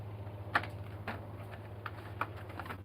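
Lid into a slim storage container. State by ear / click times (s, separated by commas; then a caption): not seated / none. A lid that looks unbroken is handled as it is pushed back onto a slim storage container, giving a few sharp plastic-like taps and clicks over a steady low hum. Nothing has seated or clicked into place yet by the end of the clip.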